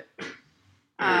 He just ate a big meal, so apparently when he eats a lot, he has to cough.